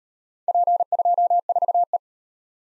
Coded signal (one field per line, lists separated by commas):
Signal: Morse code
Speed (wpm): 44 wpm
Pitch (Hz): 700 Hz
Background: none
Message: P24E